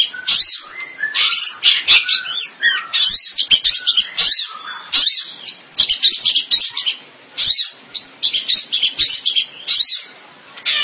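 Bird song of loud, rapid, high chattering and harsh twittering bursts with brief gaps, energetic and varied throughout.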